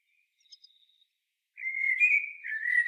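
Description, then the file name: Common blackbird song: after a near-silent start with a few faint ticks, a mellow fluted warble begins and runs to the end without finishing. "Turdus merula"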